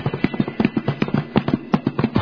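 Horse hooves clip-clop in a quick, steady rhythm of sharp knocking beats, about four per second, fairly loud with no voices over them.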